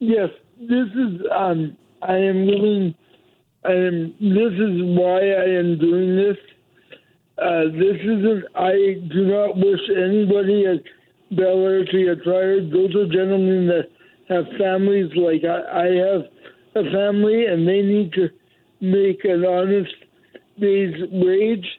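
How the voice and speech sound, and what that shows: Slow, effortful, high-pitched speech from an adult man in British Columbia with cerebral palsy, heard over the telephone, with drawn-out, nasal sounds and pauses typical of cerebral palsy dysarthria; his speech impediment makes his voice even more heightened when he is tense.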